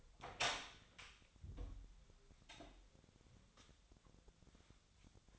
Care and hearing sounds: daily activity, microphone in the room; open door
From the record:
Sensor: 3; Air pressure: 1007.5 hPa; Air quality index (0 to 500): 196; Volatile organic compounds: 15 ppm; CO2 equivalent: 2503 ppm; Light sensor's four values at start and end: 12/29/12/12 and 12/29/12/12

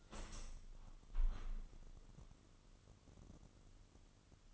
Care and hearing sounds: daily activity, microphone in the room; open window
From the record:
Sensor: 4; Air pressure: 998.8 hPa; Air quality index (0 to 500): 113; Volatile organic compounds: 2 ppm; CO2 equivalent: 1112 ppm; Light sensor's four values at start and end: 10/24/9/10 and 10/24/9/10

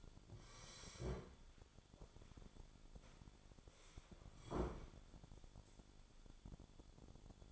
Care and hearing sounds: daily activity, microphone in the room; sit down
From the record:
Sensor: 5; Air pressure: 1015.3 hPa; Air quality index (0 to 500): 174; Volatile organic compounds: 6 ppm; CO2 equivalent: 1891 ppm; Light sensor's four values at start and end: 36/83/33/32 and 36/83/33/32

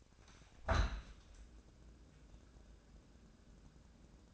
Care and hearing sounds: daily activity, microphone in the room; open window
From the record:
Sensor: 2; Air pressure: 1012.2 hPa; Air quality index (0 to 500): 114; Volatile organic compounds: 1 ppm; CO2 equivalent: 850 ppm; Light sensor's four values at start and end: 113/270/111/110 and 112/268/111/111

